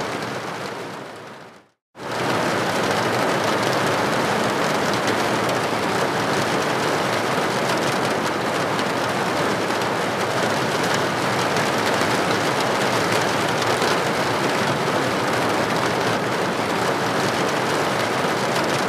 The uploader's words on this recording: Rain on the Roof.